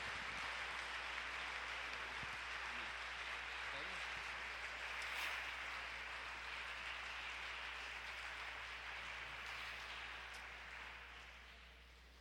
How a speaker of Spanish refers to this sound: Denle un aplauso por este cuerpo ministerial